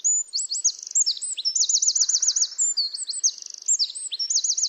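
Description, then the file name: Eurasian wren pouring out a continuous, loud, high song of quick chips and repeated trills, with no pauses throughout. "Troglodytes troglodytes"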